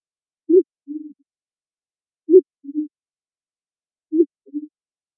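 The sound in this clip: Band-tailed pigeon giving low, owl-like hoots in two-part phrases, a short accented note then a longer wavering one, repeated about every two seconds.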